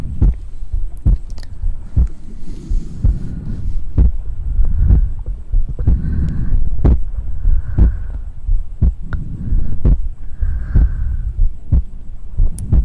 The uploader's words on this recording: ASMR Best Mouth Sounds.